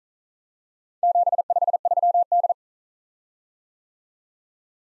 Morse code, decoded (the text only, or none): 753D